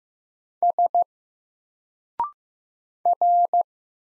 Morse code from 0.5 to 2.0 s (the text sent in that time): S